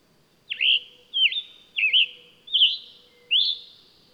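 Bird song of five separate phrases, each a sharp downward sweep turning up again at the end, spaced under a second apart over a faint background tone.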